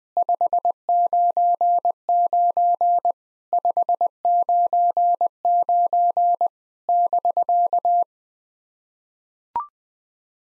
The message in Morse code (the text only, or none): 599 599 <BK>